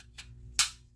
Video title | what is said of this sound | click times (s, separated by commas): How to Properly Clean a Firearm - Field Cleaning and Maintenance Guide | gonna put on our base plate slide that guy right over and clicks | 0.6 s